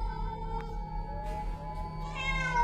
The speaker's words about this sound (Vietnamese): Khung cảnh im phăng phắc, chỉ có tiếng lá cây xào xạc và tiếng mèo hoang gọi bầy trong đêm văng vẳng.